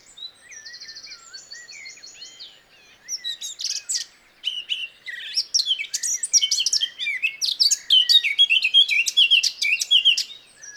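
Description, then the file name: Eurasian blackcap opening with soft chattering trills, then breaking into a loud, jumbled warble of bright chirps and fluty notes that keeps going. "Sylvia atricapilla"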